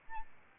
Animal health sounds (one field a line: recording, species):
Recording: mosquito wingbeat signal from an infrared sensor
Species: Aedes albopictus